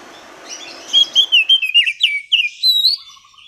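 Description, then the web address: Oriental magpie-robin song: a quick string of clear, sliding whistled notes, some rising and some falling, delivered in short bursts over soft background hiss. Kacer audio used as a lure to prompt a bird that has stopped singing, and as a master training song for kacer birds. "kacer pancingan macet bunyi. masteran kacer"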